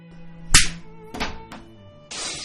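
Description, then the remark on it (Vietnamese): A single sharp, loud slap of a large hand across a woman's face cracks out, followed by a few quieter rustling thuds and a short burst of hissy noise at the end. “Một tiếng kêu do bàn tay to như hộ pháp của đạo cục vừa tát một cái như trời giáng vào khuôn mặt xinh đẹp”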